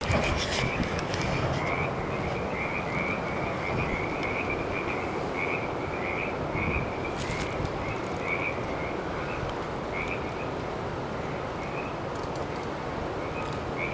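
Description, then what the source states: Frog chorus of short, rapid, pulsing croaks repeated continuously at a high, steady pitch, with low background rumble throughout. April 9.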